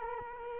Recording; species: mosquito wingbeat signal from an infrared sensor; Culex quinquefasciatus